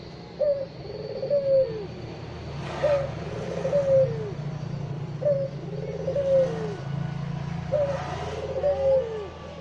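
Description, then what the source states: Barbary dove coos, each a brief clipped note then a drawn-out rolling coo sliding downward, four phrases roughly every two and a half seconds over low traffic hum. Released as a masteran training recording for songbirds; white Barbary dove (puter putih).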